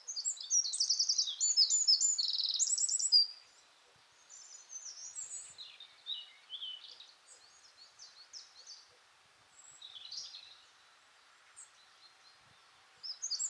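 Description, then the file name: Eurasian wren song, a loud high trilling burst at the start, followed by softer, scattered high chirps and another phrase at the end. "Troglodytes troglodytes"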